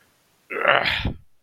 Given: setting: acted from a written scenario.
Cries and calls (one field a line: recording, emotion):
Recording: vocal sound without words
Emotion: disgust